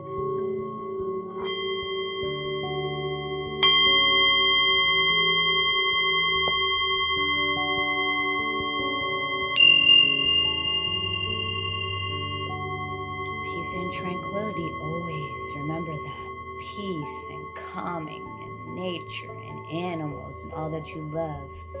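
A Tibetan singing bowl hums steadily while bright bell strikes ring out near 1, 4 and 10 seconds, and murmuring voices begin after 13 seconds.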